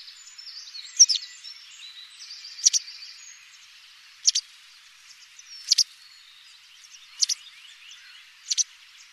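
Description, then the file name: White wagtail giving sharp, high double chirps about every one and a half seconds, with faint twittering from other birds in the background. "Bergeronnette grise"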